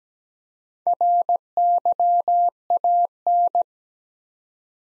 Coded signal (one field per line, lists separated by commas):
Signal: Morse code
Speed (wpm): 17 wpm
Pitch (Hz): 700 Hz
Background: none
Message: RYAN